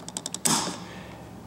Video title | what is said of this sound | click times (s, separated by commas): Replace Tethered Gas Cap 2013 Honda Civic - Fix Fuel Cap Error Message | it till it clicks | 0.1 s, 0.2 s, 0.3 s, 0.5 s